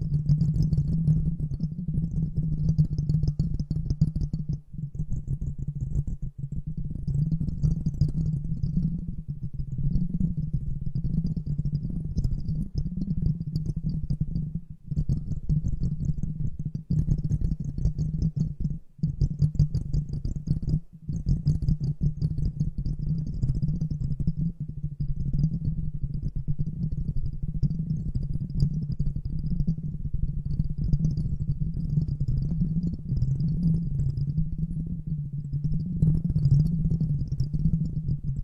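Bubbles stream continuously in a low, steady churning burble, thick with tiny pops and ticks. A faint airy hiss sits high above, and the flow briefly drops out for an instant around 5, 15, 19 and 21 seconds before resuming.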